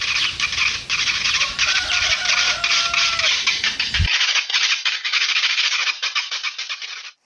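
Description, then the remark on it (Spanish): A fork scraped along a ridged cane instrument makes a continuous, bright, scratchy rasp with rapid ticking strokes, steady and fairly loud for about seven seconds, with no voices. “Este es un objeto sacado de la caña. Lo acompaño con un trinche y me da el sonido que escuchabas.”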